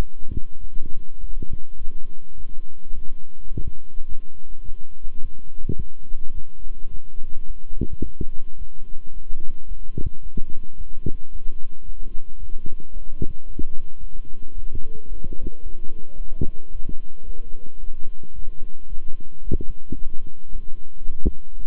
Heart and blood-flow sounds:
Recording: heart sounds by stethoscope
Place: between the tricuspid and mitral areas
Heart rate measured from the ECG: 109 bpm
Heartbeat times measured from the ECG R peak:
0.59 s: heartbeat
1.19 s: heartbeat
1.77 s: heartbeat
2.35 s: heartbeat
2.94 s: heartbeat
3.51 s: heartbeat
4.07 s: heartbeat
4.64 s: heartbeat
5.20 s: heartbeat
5.77 s: heartbeat
6.33 s: heartbeat
6.89 s: heartbeat
7.46 s: heartbeat
8.02 s: heartbeat
8.57 s: heartbeat
9.12 s: heartbeat
9.67 s: heartbeat
10.21 s: heartbeat
10.76 s: heartbeat
11.31 s: heartbeat
11.84 s: heartbeat
12.38 s: heartbeat
12.92 s: heartbeat
13.46 s: heartbeat
13.99 s: heartbeat
14.54 s: heartbeat
15.08 s: heartbeat
15.62 s: heartbeat
16.16 s: heartbeat
16.71 s: heartbeat
17.25 s: heartbeat
17.80 s: heartbeat
18.34 s: heartbeat
18.88 s: heartbeat
19.43 s: heartbeat
19.97 s: heartbeat
20.51 s: heartbeat
21.06 s: heartbeat
21.59 s: heartbeat
From the record:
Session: walking at 3.7 km/h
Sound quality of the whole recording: good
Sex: male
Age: 26 years

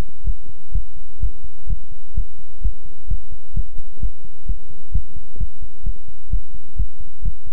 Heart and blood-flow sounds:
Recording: heart sounds by stethoscope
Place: between the tricuspid and mitral areas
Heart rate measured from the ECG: 129 bpm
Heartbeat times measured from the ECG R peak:
0.24 s: heartbeat
0.72 s: heartbeat
1.19 s: heartbeat
1.67 s: heartbeat
2.14 s: heartbeat
2.61 s: heartbeat
3.07 s: heartbeat
3.53 s: heartbeat
4.00 s: heartbeat
4.46 s: heartbeat
4.92 s: heartbeat
5.37 s: heartbeat
5.83 s: heartbeat
6.30 s: heartbeat
6.76 s: heartbeat
7.22 s: heartbeat
From the record:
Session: pedaling a stationary bicycle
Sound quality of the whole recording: good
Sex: male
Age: 24 years

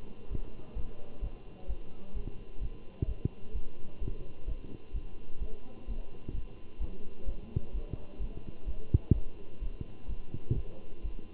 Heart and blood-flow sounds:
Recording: heart sounds by stethoscope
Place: between the tricuspid and mitral areas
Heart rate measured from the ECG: 129 bpm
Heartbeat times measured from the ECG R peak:
0.30 s: heartbeat
0.75 s: heartbeat
1.21 s: heartbeat
1.68 s: heartbeat
2.14 s: heartbeat
2.61 s: heartbeat
3.07 s: heartbeat
3.53 s: heartbeat
4.00 s: heartbeat
4.47 s: heartbeat
4.93 s: heartbeat
5.40 s: heartbeat
5.87 s: heartbeat
6.33 s: heartbeat
6.80 s: heartbeat
7.26 s: heartbeat
7.73 s: heartbeat
8.19 s: heartbeat
8.66 s: heartbeat
9.13 s: heartbeat
9.61 s: heartbeat
10.08 s: heartbeat
10.55 s: heartbeat
11.03 s: heartbeat
From the record:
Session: Bruce protocol treadmill stress test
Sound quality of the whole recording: good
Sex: male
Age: 23 years

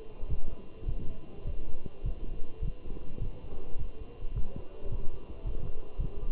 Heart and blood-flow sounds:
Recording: heart sounds by stethoscope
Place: between the tricuspid and mitral areas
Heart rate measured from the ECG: 105 bpm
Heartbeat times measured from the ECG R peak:
0.30 s: heartbeat
0.89 s: heartbeat
1.47 s: heartbeat
2.06 s: heartbeat
2.63 s: heartbeat
3.22 s: heartbeat
3.79 s: heartbeat
4.36 s: heartbeat
4.92 s: heartbeat
5.47 s: heartbeat
6.00 s: heartbeat
From the record:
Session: walking at 3.7 km/h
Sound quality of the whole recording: good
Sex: male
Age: 27 years

